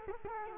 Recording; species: mosquito wingbeat signal from an infrared sensor; Culex quinquefasciatus